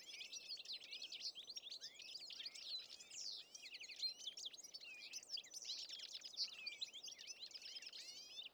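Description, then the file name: European goldfinch calls: bright, rapid twitters and chirps blending into a steady chattering stream over soft background noise. "Carduelis carduelis"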